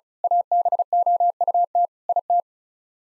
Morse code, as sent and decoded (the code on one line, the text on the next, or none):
.- -... --- ..- - / .. -
ABOUT IT